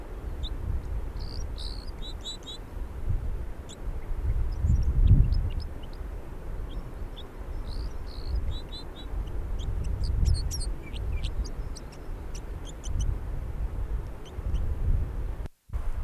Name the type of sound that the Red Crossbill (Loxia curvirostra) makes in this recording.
song